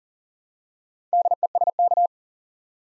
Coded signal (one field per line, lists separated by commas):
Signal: Morse code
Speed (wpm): 39 wpm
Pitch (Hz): 700 Hz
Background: none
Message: DESK